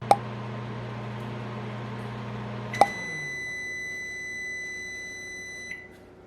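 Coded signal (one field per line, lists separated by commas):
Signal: beep code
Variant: Frigidaire microwave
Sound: appliance hum and a click, then one long steady high beep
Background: appliance hum, small room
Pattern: 1 long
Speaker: the one you just heard will be the last time you will ever have to hear it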